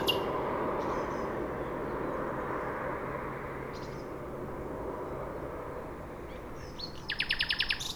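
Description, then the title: Nightingale song: sparse short notes, then a fast, rattling trill of repeated notes near the end, with continuous traffic roar. Singing from a bush between a railway line and the shore of Lac du Bourget, Entrelacs, France; unafraid of passing trains; road traffic on the RD991 also heard. "2 D991, Entrelacs, France - Rossignol ferroviaire"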